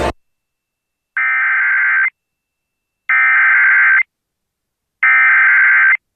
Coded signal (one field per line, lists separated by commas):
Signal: Emergency Alert System (SAME) tones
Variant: header bursts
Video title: US Emergency Alert Systems 2026 (part 10) (CONTAINS VALID TONES!) - 6-21-26